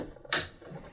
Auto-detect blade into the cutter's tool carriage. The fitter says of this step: make sure it's all clicked in place